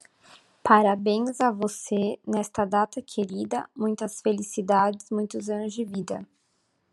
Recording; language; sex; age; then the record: short text; Brazilian Portuguese; female; 20 to 29 years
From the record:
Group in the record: control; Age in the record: 22 years